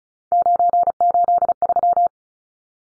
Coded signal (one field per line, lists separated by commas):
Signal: Morse code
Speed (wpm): 34 wpm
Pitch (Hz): 700 Hz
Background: none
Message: 983